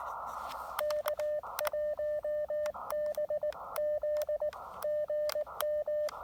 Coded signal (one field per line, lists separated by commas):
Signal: Morse code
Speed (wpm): 19 wpm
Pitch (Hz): 600 Hz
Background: radio noise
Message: K1BZ GM